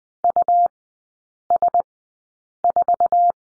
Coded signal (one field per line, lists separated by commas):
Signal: Morse code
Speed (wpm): 20 wpm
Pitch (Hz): 700 Hz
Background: none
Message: US4